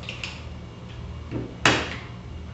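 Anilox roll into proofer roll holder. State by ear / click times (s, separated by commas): seated / 1.7 s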